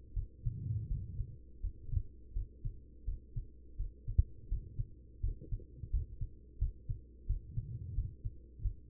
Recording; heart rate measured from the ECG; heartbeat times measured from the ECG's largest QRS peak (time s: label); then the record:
heart sounds by stethoscope; 85 bpm
0.13 s: heartbeat
0.87 s: heartbeat
1.60 s: heartbeat
2.33 s: heartbeat
3.04 s: heartbeat
3.76 s: heartbeat
4.48 s: heartbeat
5.20 s: heartbeat
5.90 s: heartbeat
6.58 s: heartbeat
7.26 s: heartbeat
7.94 s: heartbeat
8.61 s: heartbeat
From the record:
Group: healthy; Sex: female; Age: 43 years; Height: 160 cm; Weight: 90 kg